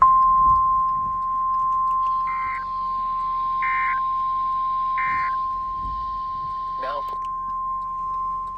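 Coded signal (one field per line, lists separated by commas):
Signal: Emergency Alert System (SAME) tones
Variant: 1050 Hz attention tone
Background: speech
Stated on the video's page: Flash flood warning relayed on NOAA Weather Radio and FM broadcast stations.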